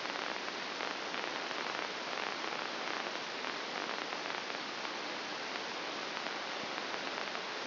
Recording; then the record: brain microelectrode recording played as sound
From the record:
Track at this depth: inside the subthalamic nucleus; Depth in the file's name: 3.366 mm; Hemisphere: left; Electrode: 2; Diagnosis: Parkinson's disease